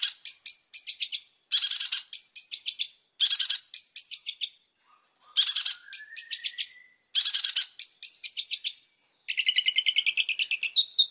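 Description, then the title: Oriental magpie-robin song in short bursts of fast, high chattering trills separated by brief pauses, with a rising whistled slur midway and a longer warbled phrase at the end. Whistled song of a highly vocal Oriental magpie-robin, used as a lure to draw other magpie-robins into answering. "Pancingan Suara Siulan Kacer Gacor Mantap Untuk Memancing Kacer Lain Agar Mau Nyaut Bunyi"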